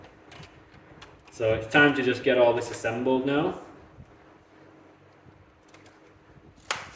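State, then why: Seated. Someone talks while plastic clone building-brick keel and mid-structure parts for a model Endurance ship's bow section are handled, with a few faint taps in the background. The parts are pressed together onto the keel structure, and a sharp click at 6.7 s marks them seating firmly into place, more firmly than expected.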